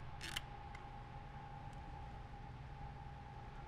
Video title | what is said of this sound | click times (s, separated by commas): How to Change the Hydrodynamic bearing of a PVWJ C Frame Pump | that should snap into place | 0.4 s